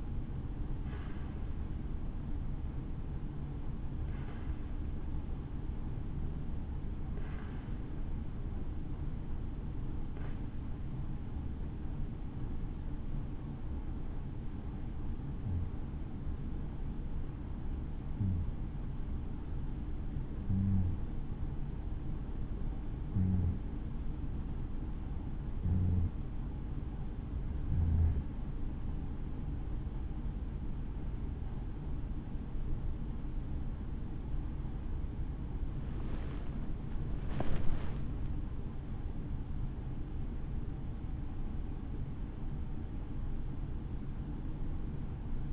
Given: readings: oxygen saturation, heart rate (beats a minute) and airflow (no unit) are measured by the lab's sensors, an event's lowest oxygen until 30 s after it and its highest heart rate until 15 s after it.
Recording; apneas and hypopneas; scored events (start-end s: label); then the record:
breathing in sleep by a smartphone at the bedside; 1
8.00-26.10 s: hypopnea (N2, oxygen 95% highest, then 90% lowest, heart rate 60 at the start, 69 highest)
29.00-45.53 s: new sleep stage, N1 (lightest sleep)
From the record:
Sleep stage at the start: N2 (light sleep); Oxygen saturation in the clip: 90 to 95%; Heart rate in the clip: 59 to 72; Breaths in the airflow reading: 16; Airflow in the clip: -8.1 to 8.5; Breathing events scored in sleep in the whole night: 216 in 7.0 hours asleep